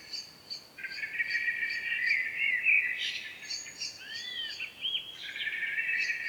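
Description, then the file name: Common blackbird singing a sustained warbled phrase, then sliding notes near the end, with a rapid series of high ticking notes repeating throughout. "Turdus merula"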